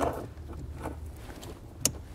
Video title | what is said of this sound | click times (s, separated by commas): etrailer - Setting up the Curt Spectrum Brake Controller w/ Custom Harness on a 2021 Jeep Gladiator | until it clicks in just like that so | 1.9 s